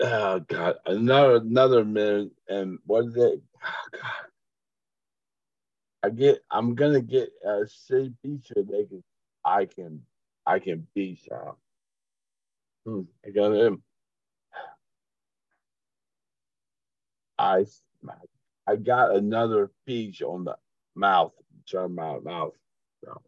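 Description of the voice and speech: An adult man, a stroke survivor, speaks in short, halting bursts separated by long pauses, with groping restarts and garbled, misselected words that don't make sense together. The pattern fits paraphasic speech in aphasia after a stroke.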